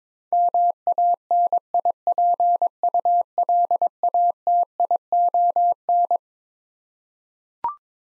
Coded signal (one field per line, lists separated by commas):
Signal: Morse code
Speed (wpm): 22 wpm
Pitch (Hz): 700 Hz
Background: none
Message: MANIPULATION